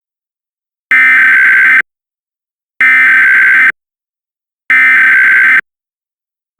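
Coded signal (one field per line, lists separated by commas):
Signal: Emergency Alert System (SAME) tones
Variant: header bursts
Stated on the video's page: Parody of EAS scenarios, not a real alert.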